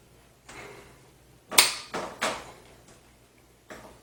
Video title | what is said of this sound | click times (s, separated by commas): How to build a Gaming PC in the ThermalTake Core X31 (1 of 2) | then you're just going to kind of feel it lock in place as you just heard a little click in there | 1.6 s